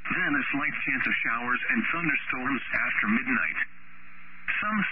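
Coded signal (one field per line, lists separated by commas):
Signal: Emergency Alert System (SAME) tones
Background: speech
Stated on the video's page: NOAA weather radio station KEC61 serving Mobile, Alabama, recorded during its long broadcast cycle.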